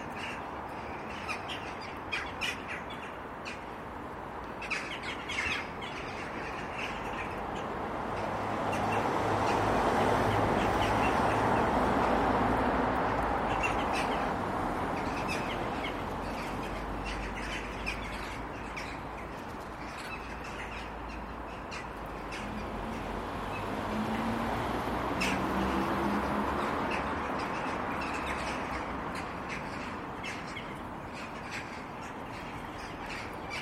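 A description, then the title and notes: A flock of jackdaws keeps up dense, overlapping chatter for the whole stretch: short, sharp calls, some brighter. A low passing rumble, like traffic, swells up around ten seconds and again near twenty-five. Untitled [jackdaws] by Jimmy Kipple Sound.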